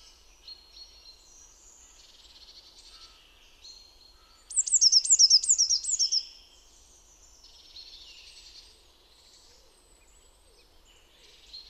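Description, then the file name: Eurasian blue tit: a brief burst of several quick, high, descending notes near the middle. "Cyanistes caeruleus"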